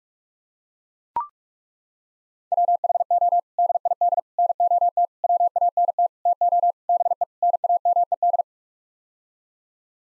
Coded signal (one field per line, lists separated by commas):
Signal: Morse code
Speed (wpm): 41 wpm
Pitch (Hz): 700 Hz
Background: none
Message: WHO DID NOT WANT TO BE NAMED